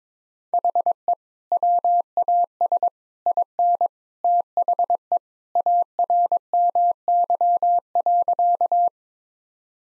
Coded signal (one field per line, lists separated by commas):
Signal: Morse code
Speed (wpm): 22 wpm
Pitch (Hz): 700 Hz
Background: none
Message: HE WAS IN THE ARMY.